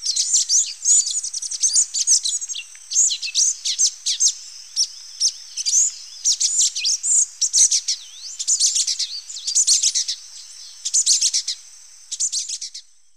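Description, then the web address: Ochre-breasted Tanager giving a long run of sharp, high chipping and chattering notes in quick clusters, with a steady thin background whine. Recorded in Ecuador. "Natures Songs S America Birds of Ecuador Ochre-breasted Tanager"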